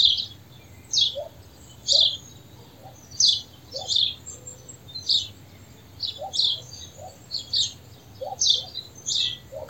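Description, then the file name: House sparrow calling with sharp repeated chirps, often doubled, spread across the whole stretch, faint hiss behind. "Passer domesticus"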